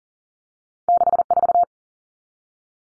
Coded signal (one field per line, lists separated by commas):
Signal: Morse code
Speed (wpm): 40 wpm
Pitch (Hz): 700 Hz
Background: none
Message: 64